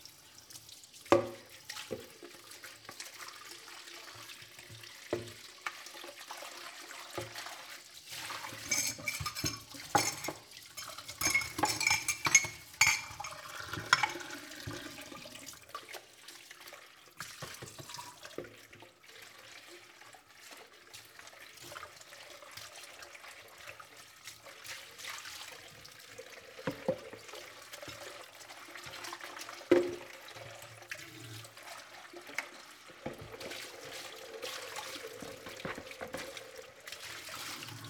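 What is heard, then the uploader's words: Dishes are being washed, with running water hissing and splashing in uneven bursts. Sharp clinks and knocks of plates and cutlery land every few seconds, busiest around ten to fifteen seconds, then quieter rinsing follows. Washing the Dishes.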